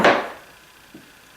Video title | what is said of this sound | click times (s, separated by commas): 15 Tool Cabinet | It locks into place with magnets. | 0.0 s